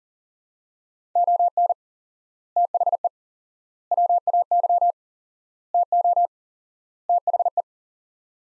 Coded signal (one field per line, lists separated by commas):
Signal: Morse code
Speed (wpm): 40 wpm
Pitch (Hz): 700 Hz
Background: none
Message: ON THE WAY TO THE